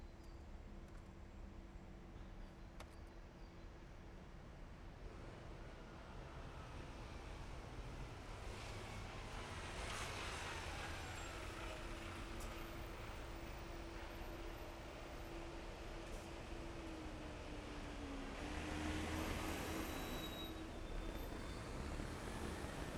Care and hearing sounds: everyday scene through a hearing-aid microphone; in traffic; traffic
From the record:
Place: main city hub, rush hour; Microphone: behind the ear, left, front

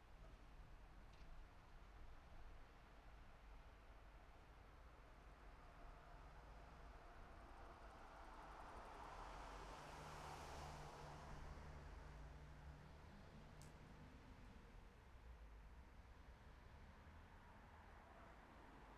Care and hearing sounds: everyday scene through a hearing-aid microphone; in traffic; traffic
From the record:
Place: city secondary road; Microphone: behind the ear, left, front

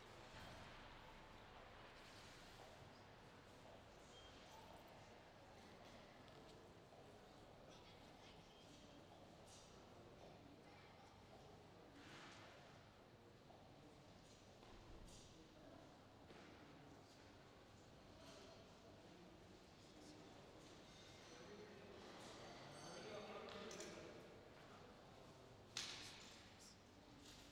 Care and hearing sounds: everyday scene through a hearing-aid microphone; reverberant space; background noise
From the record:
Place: railway station hall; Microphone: in the ear canal, left

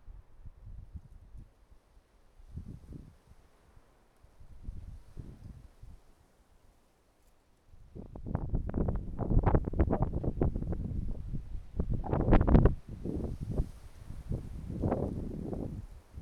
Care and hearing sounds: everyday scene through a hearing-aid microphone; wind on the microphone; wind, traffic, birds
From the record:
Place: suburban garden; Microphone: behind the ear, right, rear

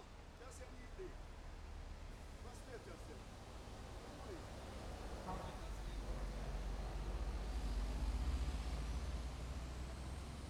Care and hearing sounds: everyday scene through a hearing-aid microphone; in traffic; traffic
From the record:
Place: main road on the outskirts, rush hour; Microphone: behind the ear, left, rear

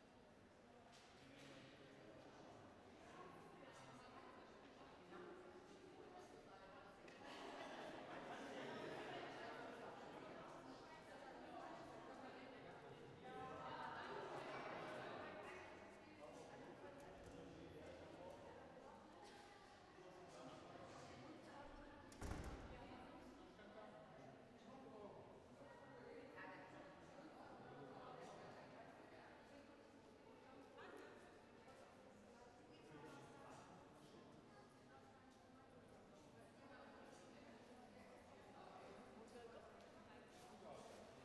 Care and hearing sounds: everyday scene through a hearing-aid microphone; reverberant space; background noise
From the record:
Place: railway station hall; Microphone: behind the ear, right, front

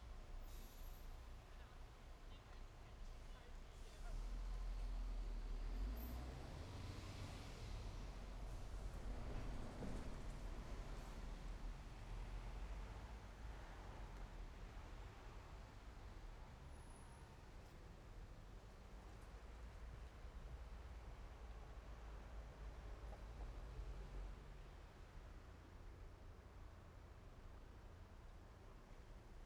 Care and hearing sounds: everyday scene through a hearing-aid microphone; in traffic; traffic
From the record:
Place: main road on the outskirts, rush hour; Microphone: behind the ear, right, front

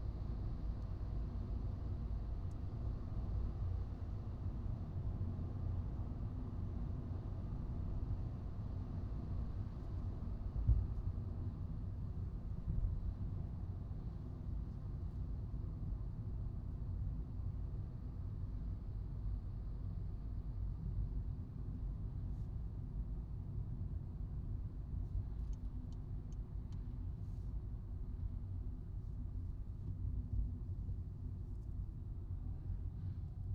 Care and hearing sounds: everyday scene through a hearing-aid microphone; in a vehicle; engine, highway driving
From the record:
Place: Skoda Fabia, gasoline engine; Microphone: in the ear canal, right

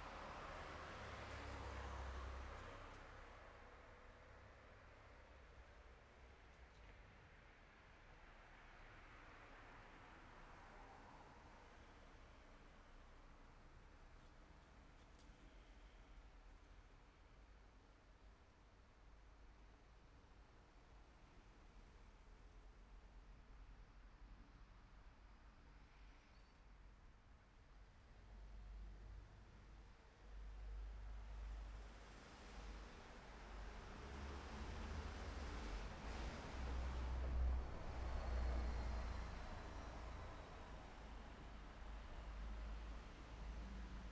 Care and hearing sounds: everyday scene through a hearing-aid microphone; in traffic; traffic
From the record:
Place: city secondary road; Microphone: behind the ear, left, rear

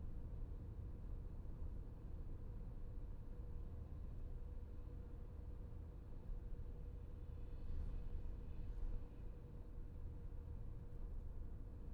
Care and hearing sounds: everyday scene through a hearing-aid microphone; in a vehicle; engine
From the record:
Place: VW T5 Caravelle, diesel engine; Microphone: behind the ear, left, rear

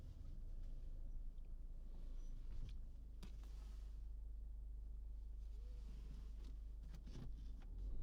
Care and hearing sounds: everyday scene through a hearing-aid microphone; in a vehicle; engine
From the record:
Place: Berlingo II, diesel engine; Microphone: in the ear canal, right

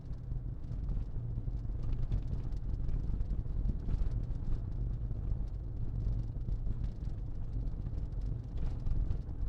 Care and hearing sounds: everyday scene through a hearing-aid microphone; in a vehicle; engine, rumble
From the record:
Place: Berlingo II, diesel engine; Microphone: in the ear canal, left

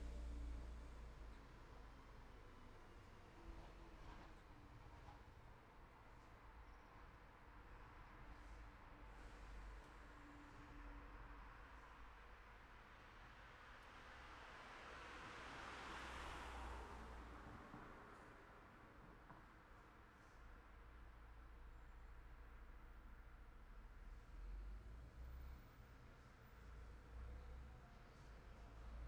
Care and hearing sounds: everyday scene through a hearing-aid microphone; in traffic; traffic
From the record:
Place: city secondary road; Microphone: behind the ear, left, front

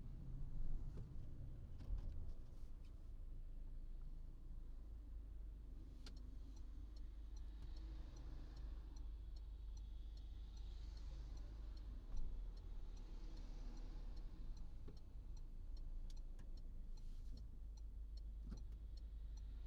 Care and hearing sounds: everyday scene through a hearing-aid microphone; in a vehicle; engine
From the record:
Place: Berlingo II, diesel engine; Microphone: in the ear canal, right

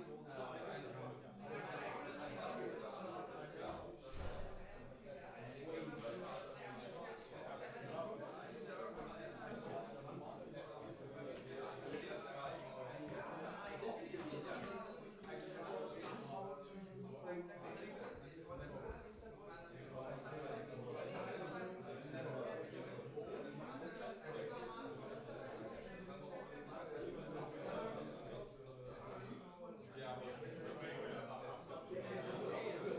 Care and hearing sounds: everyday scene through a hearing-aid microphone; many people talking; many voices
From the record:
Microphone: behind the ear, left, rear

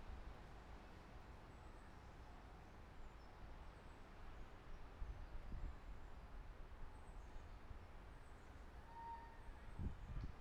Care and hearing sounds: everyday scene through a hearing-aid microphone; wind on the microphone; gentle breeze, voices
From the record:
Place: parking lot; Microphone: behind the ear, left, front

